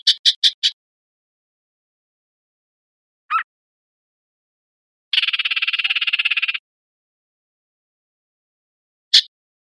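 Yellow-breasted chat calling: a quick burst of four harsh notes, a lone note, then a long fast rattling chatter of about a second and a half, and a final sharp note.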